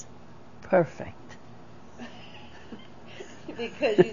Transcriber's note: they laugh